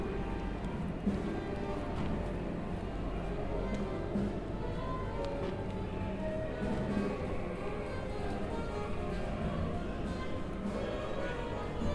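A musical cacophony spills from open practice-room windows in London, a dense, steady blur of overlapping instruments and voices with no single line standing out. Brief sustained tones surface now and then, around four and seven seconds, over a constant low rumble.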